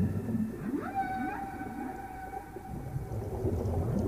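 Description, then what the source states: Whale song, a sliding note that sweeps upward and then holds as a steady, overtone-rich tone for about two seconds, set against a constant low underwater rumble. Singing underwater in the distance.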